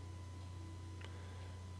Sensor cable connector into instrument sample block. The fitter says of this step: push the cable into the block until it snaps